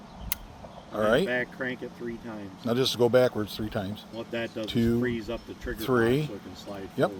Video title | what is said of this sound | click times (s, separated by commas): Should I be worried? Excalibur Hybrid-X PART TWO! | and we'll get it back there. And once it clicks. | 0.3 s